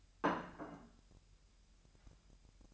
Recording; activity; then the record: daily activity, microphone in the room; place plate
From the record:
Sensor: 2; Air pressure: 1001.9 hPa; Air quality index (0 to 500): 246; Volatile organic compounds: 38 ppm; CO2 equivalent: 3115 ppm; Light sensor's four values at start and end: 8/28/11/10 and 8/28/11/10